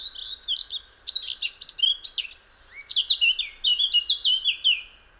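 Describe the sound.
Eurasian blackcap song: a scratchy warble running into clear, fluty whistled phrases, two bursts with a short pause between them; a faint steady hum sits underneath.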